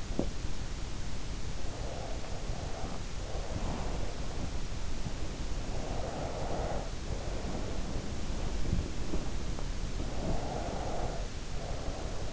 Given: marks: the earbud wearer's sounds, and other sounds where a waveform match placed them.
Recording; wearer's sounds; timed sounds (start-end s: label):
sounds in sleep by an in-ear microphone; teeth grinding, breath
0.00-0.50 s: teeth grinding
1.83-4.61 s: breath
3.35-10.62 s: sound from someone else or the room
5.68-8.04 s: breath
9.99-12.32 s: breath